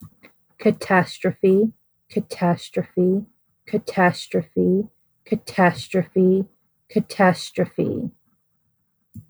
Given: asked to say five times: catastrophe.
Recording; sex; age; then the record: repeated word; female; 40 to 49 years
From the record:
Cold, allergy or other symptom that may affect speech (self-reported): no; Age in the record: 40 years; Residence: United States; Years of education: 14